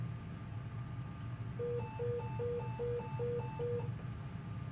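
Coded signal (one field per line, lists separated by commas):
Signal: pager alert tone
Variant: Zetron dispatch busy warble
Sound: a two-pitch warble alternating about every fifth of a second, lasting three seconds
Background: low rumbling hum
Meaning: Dispatch is busy, so units should hold non-urgent radio traffic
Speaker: this is that tone that some of you use to put a warble over the air to alert everyone hey you're busy in this match there's like eight phone calls coming in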